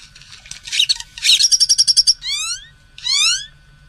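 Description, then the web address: Birds: bird calls: scratchy chatter, then a fast buzzy trill and two bright rising, ringing sweeps, clear against a quiet background. Many birds calling together, recorded in the morning on 24 March 2006. "bexar Many Birds 20060324 AM"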